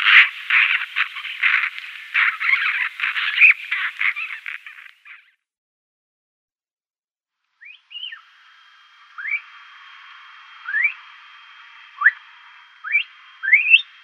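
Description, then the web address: Eurasian magpie song opening with about five seconds of rapid rattling chatter, then silence, then short rising squeaky whistles repeated roughly every one to two seconds. "Schulze Peter Eurasian Magpie song"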